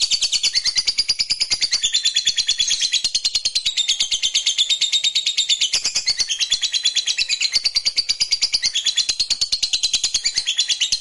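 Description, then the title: Lovebird song, a continuous rapid chatter of high buzzy notes pulsing about three times a second, with shifting squeaky tones throughout. Lovebird reluctant to sing, prompted to sing spontaneously and eagerly. "LOVEBIRD Malas Bunyi JADI GREGET SPONTAN Langsung NARIK"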